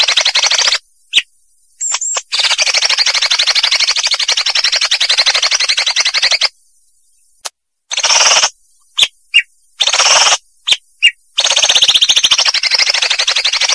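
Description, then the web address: Greater green leafbird song: long bursts of dense rapid rattling notes, interrupted by gaps and short sharp notes, then more rattling phrases. Vietnam variety; masteran (training) recording. "cucakijo-vietnam masteran cucak-ijo"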